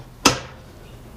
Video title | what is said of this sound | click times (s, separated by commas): (IS IT WORTH IT?) DeWALT DW715 12" SINGLE BEVEL MITER SAW/STAND REVIEW AND TEST | locked in on 10 | 0.3 s